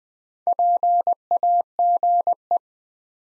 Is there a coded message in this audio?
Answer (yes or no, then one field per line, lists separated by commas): yes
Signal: Morse code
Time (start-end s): 0.5-2.6 s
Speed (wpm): 20 wpm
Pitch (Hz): 700 Hz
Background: none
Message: PAGE